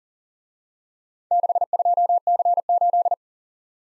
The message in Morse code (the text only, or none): 62C8